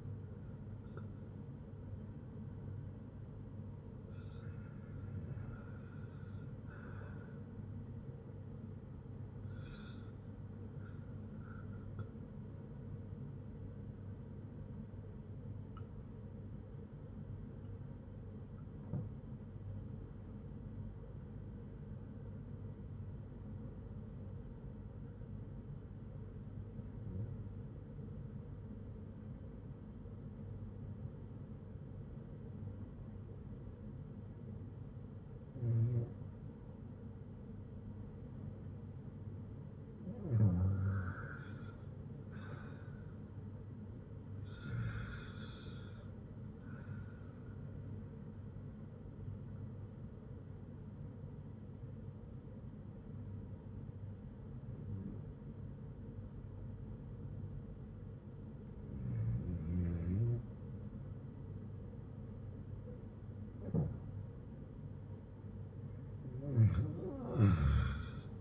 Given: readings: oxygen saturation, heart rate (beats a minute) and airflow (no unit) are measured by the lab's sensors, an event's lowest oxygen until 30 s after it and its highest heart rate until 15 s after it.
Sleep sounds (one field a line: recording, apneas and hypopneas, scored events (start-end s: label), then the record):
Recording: breathing in sleep by a smartphone at the bedside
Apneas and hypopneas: 1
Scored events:
17.00-41.90 s: hypopnea (REM, oxygen 95% highest, then 85% lowest, heart rate 59 at the start, 60 highest)
From the record:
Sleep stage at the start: REM sleep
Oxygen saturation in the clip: 88 to 96%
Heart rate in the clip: 55 to 60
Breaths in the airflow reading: 13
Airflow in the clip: -5.3 to 5.2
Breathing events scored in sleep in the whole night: 182 in 7.4 hours asleep